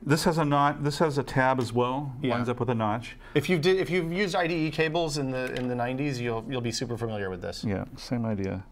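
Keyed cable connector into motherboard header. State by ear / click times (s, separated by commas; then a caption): not seated / none. A keyed ribbon-style data cable connector is lined up by its tab and notch with a motherboard header while someone talks throughout. The connector is handled but not yet pushed home, and nothing has seated or clicked yet.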